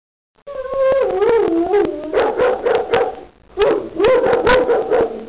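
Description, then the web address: Dog howling and whining in wavering, drawn-out tones that bend up and down, in two bouts split by a short break. "Computerworld 1996-03. dog 2"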